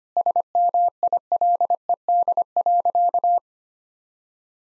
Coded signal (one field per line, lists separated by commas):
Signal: Morse code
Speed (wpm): 25 wpm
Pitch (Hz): 700 Hz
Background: none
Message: SMILED.